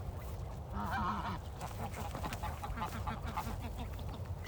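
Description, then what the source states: Goose honks, one loud drawn-out harmonic honk near the start, followed by a run of shorter overlapping calls from other geese over a low rumble. Geese on snow; 16 December.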